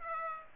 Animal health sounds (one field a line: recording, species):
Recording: mosquito wingbeat signal from an infrared sensor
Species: Aedes aegypti